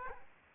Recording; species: mosquito wingbeat signal from an infrared sensor; Aedes aegypti